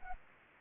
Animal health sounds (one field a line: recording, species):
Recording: mosquito wingbeat signal from an infrared sensor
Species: Anopheles arabiensis